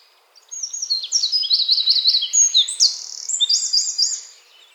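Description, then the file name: Eurasian wren giving an energetic, very high song of rapid chips and rattling trills, about four seconds long, with a brief softer buzzy passage before a final trill. "Troglodytes troglodytes"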